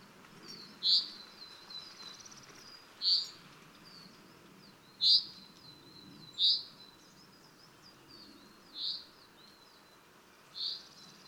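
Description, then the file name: Common chaffinch calls: several short, sharp high notes repeated at uneven intervals, over low background noise. "Fringilla coelebs"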